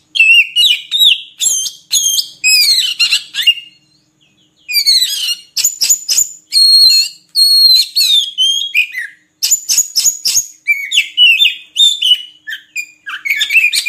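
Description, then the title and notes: Oriental magpie-robin song: long sequence of varied whistles, sharp chips and warbling trills in rapid bursts with brief pauses. Long-duration filler (isian) song recording used to train magpie-robins to sing actively day and night. "Kacer Jadi Gacor Siang Malam. Isian Kacer Durasi Panjang"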